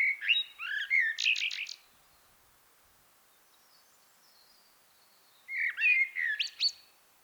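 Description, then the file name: Common blackbird singing two mellow warbled phrases with a squeaky high flourish at the end, a quiet gap of several seconds between them. "Turdus merula"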